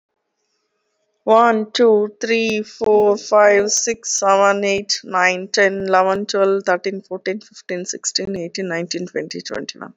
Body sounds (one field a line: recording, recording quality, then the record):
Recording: sustained vowel as in beet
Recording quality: poor, much background noise or distortion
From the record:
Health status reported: recovered from COVID-19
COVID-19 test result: positive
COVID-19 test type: RT-PCR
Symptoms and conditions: cough, cold, sore throat, fever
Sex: female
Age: 44 years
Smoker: no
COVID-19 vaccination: both doses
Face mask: worn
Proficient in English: yes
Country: India